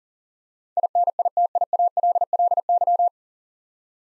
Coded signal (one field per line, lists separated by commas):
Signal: Morse code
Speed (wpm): 38 wpm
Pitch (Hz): 700 Hz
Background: none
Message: INITIALLY